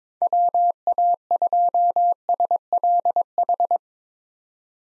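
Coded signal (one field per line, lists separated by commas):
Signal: Morse code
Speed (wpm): 22 wpm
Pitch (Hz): 700 Hz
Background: none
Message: WA2SLH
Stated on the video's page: Morse drill at 22 wpm for head-copying common POTA hunter callsigns, each sent, spoken, then sent again.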